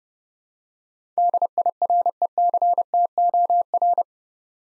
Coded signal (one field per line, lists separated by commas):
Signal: Morse code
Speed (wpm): 30 wpm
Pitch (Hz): 700 Hz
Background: none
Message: DIRECTOR